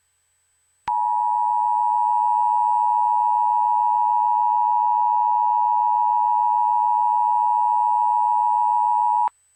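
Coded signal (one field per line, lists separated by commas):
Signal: Emergency Alert System (SAME) tones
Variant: 853 and 960 Hz attention tone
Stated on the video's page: Fictional EAS scenario, simulated.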